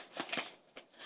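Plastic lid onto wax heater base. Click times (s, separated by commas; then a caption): 0.2 s, 0.3 s. A plastic lid is closed over an electric wax heater base and its spatula storage, clipping shut with short, sharp plastic clicks at 0.2 and 0.33 seconds, followed by a fainter tap near 0.8 seconds. The lid is seated and clipped on, holding everything in place.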